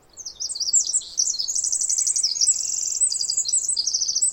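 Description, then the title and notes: Pacific wren singing a long, fast jumble of very high trills and twittering notes, with a faint thin whistle beneath. Wild bird singing in the morning after a dawn chorus, recorded unattended while camping; Snider Jackson/Rugged Ridge trail, May 11-13 2018; very loud, peaking just under 0 dB. "The very loud Pacific Wren. Snider Jackson/ Rugged Ridge trail. 2018 May 11-13"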